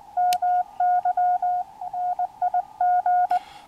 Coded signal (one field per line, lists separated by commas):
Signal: Morse code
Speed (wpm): 21 wpm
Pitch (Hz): 720 Hz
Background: none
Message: MY NIG